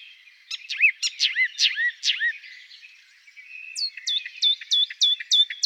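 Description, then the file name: Marsh warbler song with slurred downward whistles and chatter, then a quick series of sharp, repeated high notes. "Sumpfrohrsaenger"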